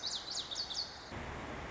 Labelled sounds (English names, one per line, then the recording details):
Lazuli Bunting
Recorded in Sonoma County, California